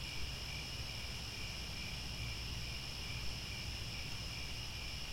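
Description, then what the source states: Crickets sing a continuous shrill trill without pauses, accompanied by a steady low background hum. Chorus of crickets chirping at twilight as the sun sets, with stars overhead.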